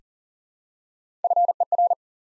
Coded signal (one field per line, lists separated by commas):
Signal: Morse code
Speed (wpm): 40 wpm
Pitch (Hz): 700 Hz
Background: none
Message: FER